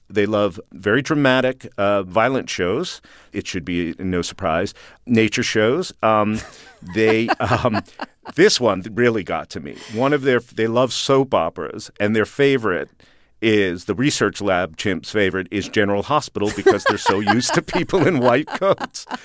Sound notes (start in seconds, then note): 6.3 soundbite of laughter; 16.4 soundbite of laughter